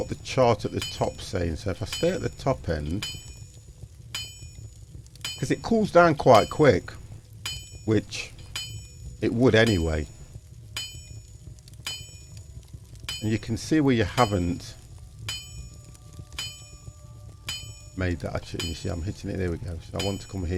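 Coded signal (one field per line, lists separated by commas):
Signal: none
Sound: blacksmith game hammer beeps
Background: speech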